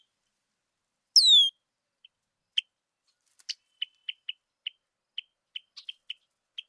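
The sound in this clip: Red-winged blackbird giving a single high falling whistle, then a steady run of dry, short chip notes.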